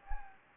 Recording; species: mosquito wingbeat signal from an infrared sensor; Anopheles gambiae